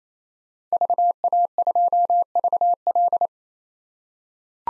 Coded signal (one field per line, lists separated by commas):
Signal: Morse code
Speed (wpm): 28 wpm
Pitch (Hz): 700 Hz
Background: none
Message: VA2VL